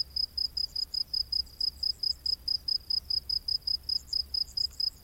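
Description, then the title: Cricket produces even, high-pitched chirps in rapid succession, while a second insect adds quick, higher ticking bursts at intervals. Rainforest at night. "Crickets of the Rainforest"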